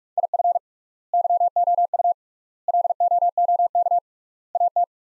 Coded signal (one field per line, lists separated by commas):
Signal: Morse code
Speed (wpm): 46 wpm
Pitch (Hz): 700 Hz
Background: none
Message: IF YOU LOOK AT